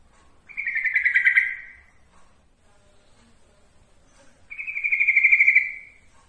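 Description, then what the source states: Yellow-vented bulbul singing two bright, fast-trilled bubbling phrases about four seconds apart, separated by a quiet pause. Song used as training material for other birds.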